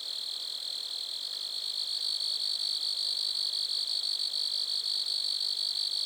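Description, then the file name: Grasshoppers stridulating: a steady, high, shimmering buzz that pulses slightly several times a second, unbroken throughout. Lac-à-François, Montcerf-Lytton, Quebec, Canada. "criquets-grasshoppers- -lac-acc 80-franccca 7 ois-montcerf-lytton-quecc 81 bec-canada"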